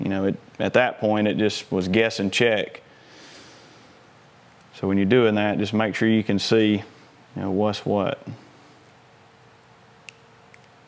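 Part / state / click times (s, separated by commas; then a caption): yellow terminal lock insert in wiring plug housing / partly seated / 10.1 s. Someone talks, then after a quiet pause a yellow plastic terminal-lock insert in a wiring plug housing, during a 2008–2013 Street Glide motorcycle handlebar install, is pushed in only part way and gives a sharp, light click at 10.1 s. The insert stops at its first click so the wires can be inserted later.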